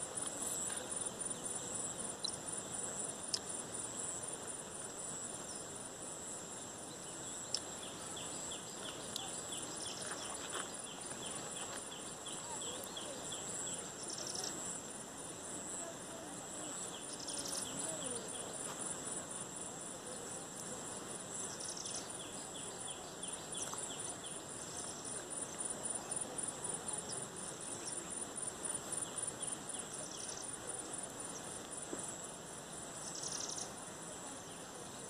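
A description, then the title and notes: Quiet ambience at Bhatangpadar Lake, Odisha, filled by a steady, high insect chirring that pulses throughout, with faint brief brighter chirps every few seconds. Enjoy the silence, Bhatangpadar Lake, Odisha. A serene lake amidst green eastern ghats in Kalahandi district, Western Odisha. The lake named Bhatangpadar is a few kilometers away from the district Headquarter Bhawanipatna.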